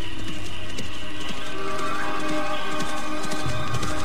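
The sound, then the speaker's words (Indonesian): Hooves of a single horse galloping toward the listener in a steady, rapid clip-clop rhythm, the thudding beats growing louder over a busy background, with no voices. “Sepertinya aku mendengar suara derap seekor kuda menuju ke tempatku.”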